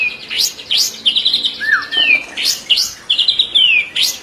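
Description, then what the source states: White-rumped shama song of clear whistled phrases mixing sharp upward sweeps, falling slurs and short buzzy trills, repeated in quick varied bursts. Training recording for cage birds (masteran); full song in the ngerol (continuous rolling) and nembak (sharp shooting bursts) styles.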